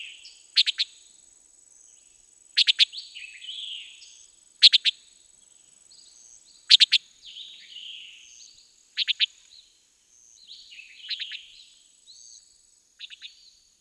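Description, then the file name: Antillean nighthawk calls: crisp triple-clicked notes repeated about every two seconds, alternating with another bird's buzzy warbles, over a constant high-pitched drone. Recorded on Abaco, Bahamas. "antillean nighthawk chordeiles gundlachii andrew spencer"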